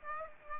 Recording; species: mosquito wingbeat signal from an infrared sensor; Aedes aegypti